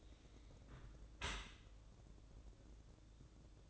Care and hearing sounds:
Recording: daily activity, microphone in the room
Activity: close dishwasher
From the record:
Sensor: 3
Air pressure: 1012.3 hPa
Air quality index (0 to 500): 162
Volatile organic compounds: 2 ppm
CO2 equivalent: 1241 ppm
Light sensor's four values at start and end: 496/1221/502/498 and 495/1217/501/496

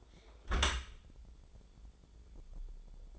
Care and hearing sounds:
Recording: daily activity, microphone in the room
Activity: close dishwasher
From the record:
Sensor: 5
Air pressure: 1015.1 hPa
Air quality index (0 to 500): 148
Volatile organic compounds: 4 ppm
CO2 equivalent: 1596 ppm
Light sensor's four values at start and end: 38/90/36/39 and 38/90/37/40

